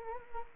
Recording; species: mosquito wingbeat signal from an infrared sensor; Anopheles gambiae